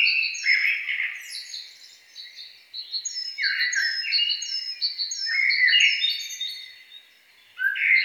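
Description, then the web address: Songbird song: repeated high whistles, rich warbled phrases and slurred notes, pausing briefly before a final loud phrase. "best service Blue Box birds songbird"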